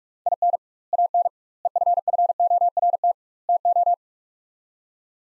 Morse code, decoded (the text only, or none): IN AN EFFORT TO